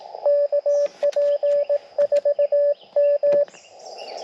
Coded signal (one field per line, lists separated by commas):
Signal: Morse code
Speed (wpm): 20 wpm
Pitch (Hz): 580 Hz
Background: radio noise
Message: KP4M